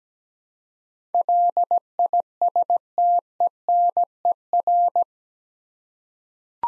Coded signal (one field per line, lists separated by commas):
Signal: Morse code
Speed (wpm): 17 wpm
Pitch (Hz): 700 Hz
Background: none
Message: LISTENER